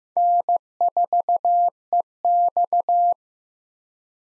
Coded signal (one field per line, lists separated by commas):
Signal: Morse code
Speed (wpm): 15 wpm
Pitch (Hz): 700 Hz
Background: none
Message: N4EX